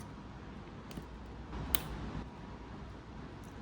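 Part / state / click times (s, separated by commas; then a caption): hall sensor connector into the controller harness / seated / 1.8 s. The plastic Hall sensor connector is plugged into the controller harness of a Nucular P24F controller on a Talaria XXX X3. A faint tick comes at 0.9 s, and a sharp click at 1.8 s shows the connector is seated, all over a low, steady background rumble.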